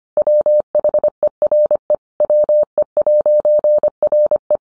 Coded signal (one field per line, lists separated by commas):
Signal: Morse code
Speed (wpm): 25 wpm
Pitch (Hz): 600 Hz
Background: none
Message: WHERE WE'RE